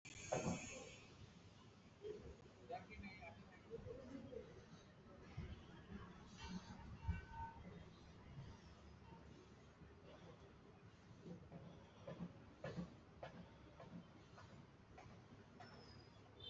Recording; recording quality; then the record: shallow breathing; poor, much background noise or distortion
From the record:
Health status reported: exposed to COVID-19, no respiratory illness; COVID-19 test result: negative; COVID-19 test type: RT-PCR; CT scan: not taken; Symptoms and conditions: cough, cold, sore throat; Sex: female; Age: 25 years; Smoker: no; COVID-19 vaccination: both doses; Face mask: not worn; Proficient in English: yes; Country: India